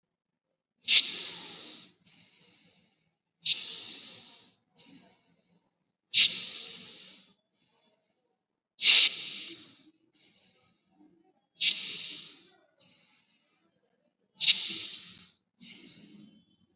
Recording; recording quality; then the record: deep breathing; excellent, no background noise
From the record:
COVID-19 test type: RT-PCR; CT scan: not taken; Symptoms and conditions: cough, sore throat, fever, fatigue, muscle pain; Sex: male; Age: 21 years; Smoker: no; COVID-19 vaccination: both doses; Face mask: worn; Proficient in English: yes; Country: India